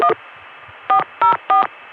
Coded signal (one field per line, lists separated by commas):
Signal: DTMF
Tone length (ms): 100 ms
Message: 1 404